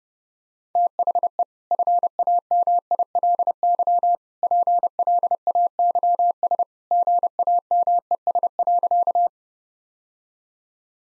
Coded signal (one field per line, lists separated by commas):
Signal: Morse code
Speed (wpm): 30 wpm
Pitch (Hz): 700 Hz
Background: none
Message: THE FAMILY PLAYS GAMES.